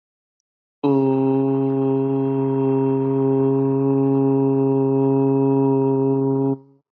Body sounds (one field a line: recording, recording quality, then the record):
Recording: sustained vowel as in boot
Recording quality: excellent, no background noise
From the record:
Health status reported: healthy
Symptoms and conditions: hypertension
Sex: male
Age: 29 years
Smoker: not ticked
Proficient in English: yes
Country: India